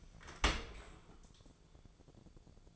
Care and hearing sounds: daily activity, microphone in the room; open dishwasher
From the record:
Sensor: 5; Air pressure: 1000.6 hPa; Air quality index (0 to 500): 150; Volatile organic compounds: 2 ppm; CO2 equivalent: 1153 ppm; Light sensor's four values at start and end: 41/93/40/43 and 41/94/40/44

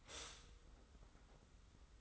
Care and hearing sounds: daily activity, microphone in the room; stop toaster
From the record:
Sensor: 3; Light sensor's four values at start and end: 41/117/47/41 and 41/117/47/41

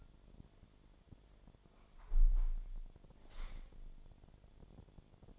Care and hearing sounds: daily activity, microphone in the room; close window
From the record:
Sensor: 5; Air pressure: 1006.6 hPa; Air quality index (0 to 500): 194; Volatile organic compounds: 6 ppm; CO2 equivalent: 1840 ppm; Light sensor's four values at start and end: 56/160/62/63 and 56/160/62/63

